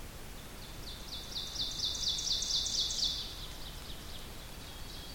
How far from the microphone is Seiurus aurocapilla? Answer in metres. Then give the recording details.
about 45 m. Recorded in boreal forest in Alberta, Canada, on 2 June 2016 at 07:16. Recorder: SongMeter 3, array SBT-3-7. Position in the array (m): 105 m, 23 m. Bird 9